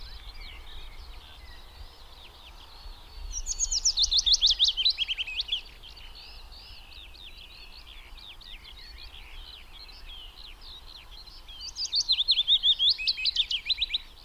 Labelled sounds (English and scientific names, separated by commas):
Willow Warbler (Phylloscopus trochilus) song